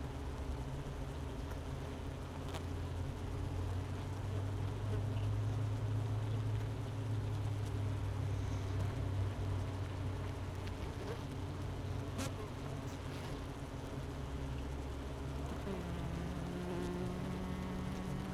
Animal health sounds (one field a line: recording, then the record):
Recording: honeybee colony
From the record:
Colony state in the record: missing queen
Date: 31 May 2018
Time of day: 10:49